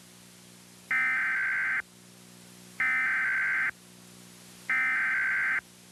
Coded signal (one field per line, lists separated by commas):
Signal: Emergency Alert System (SAME) tones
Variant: header bursts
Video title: EAS Mock #37: Nuclear Terrorism.